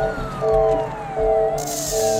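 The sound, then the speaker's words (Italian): An ambulance siren wails in repeating two-tone bursts as the ambulance arrives, over a steady engine rumble, with a gliding tone sliding slowly downward beneath the alternating pitches. “Tranquillo, signor Myers, l'ambulanza è qui.”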